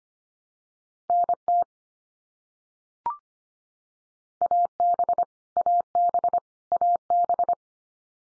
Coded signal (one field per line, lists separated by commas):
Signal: Morse code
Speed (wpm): 25 wpm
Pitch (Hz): 700 Hz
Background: none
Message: NT AB AB AB